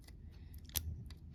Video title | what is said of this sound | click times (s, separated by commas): Leatherman Signal and Skeletool CX - which is your preferred multitool? | uh you know Pops that back in there and stores it right there uh | 0.8 s